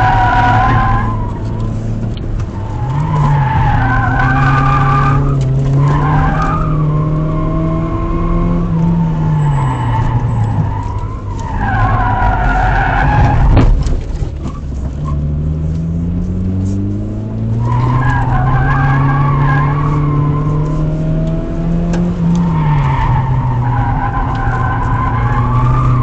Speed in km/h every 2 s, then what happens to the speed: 50, 49, 47, 62, 54, 30, 27, 28, 42, 47, 61, 57, 48.
4-6 speeds up to 62. 7-12 brakes to 27. 14-20 speeds up to 61. 20-26 slows to 48.